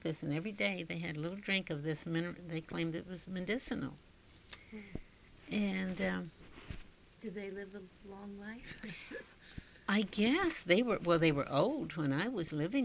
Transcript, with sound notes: And every day they had a little drink of this, and then they claimed it was medicinal. And...
Did they live a long life? (she laughs)
I guess. They were, well, they were old when I was living there.